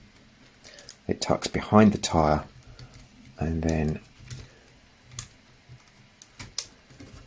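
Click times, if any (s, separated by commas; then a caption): 6.6 s. A plastic tab on the robot toy, an X Transbots Ultra Magnus (Commander Stack), is pushed into the toy's body behind the tire section while someone talks. Light plastic ticks and handling noises follow. A loud, sharp click at 6.6 s shows the tab has seated into place.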